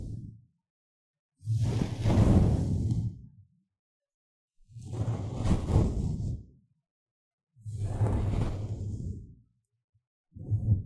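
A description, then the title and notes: Breath blown across a microphone, coming in long gusts about every three seconds with silent gaps between. Each gust is a rough, rumbling whoosh, heavy in the low end with a hissy top that swells and fades, and another begins at the very end. NO Talking. 跟摸戴毛罩的麥克風的聲音很相似.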